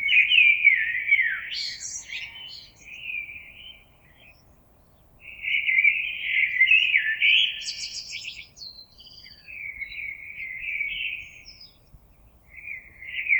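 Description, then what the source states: Common blackbird song: several melodious warbled phrases, some closing with a buzzy high twitter, spaced by pauses of a second or two. Recorded on 26 April 2022.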